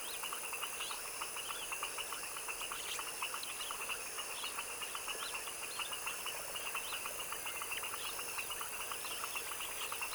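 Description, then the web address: Frog chorus: dense, overlapping rapid clicking pulses from many callers, steady throughout, with high-pitched insect-like buzzing above. Tropical wetland swamp in the evening at dusk; chorus of foaming frogs. "Sonniss - GDC 2017-Game Audio Bundle Articulated Sounds - Tropical Ambiences TROPICAL Wetland swamp evening foaming frog dusk chorus"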